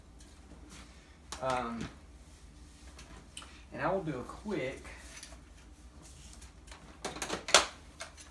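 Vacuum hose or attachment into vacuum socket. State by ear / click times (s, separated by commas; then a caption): seated / 7.5 s. Someone talks while fitting the plastic hose or power-nozzle attachment into its socket on a Filter Queen Majestic canister vacuum, with a few soft knocks before a cluster of sharp plastic hits. The loudest, sharpest hit at 7.5 s is the hose locking into place in the socket.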